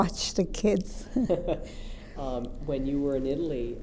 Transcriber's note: they laugh